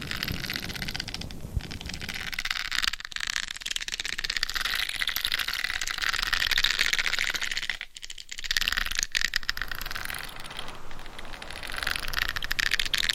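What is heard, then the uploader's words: Intense scratching on a head mic, a dense, continuous rasping hiss that is bright and scratchy throughout. The rubbing stays steady, with brief dips around three and eight seconds, and a soft low rumble under the first two seconds. ASMR Binaural Head Mic Scratching INTENSE Head & Scalp Massage for 100% Sleep No Talking.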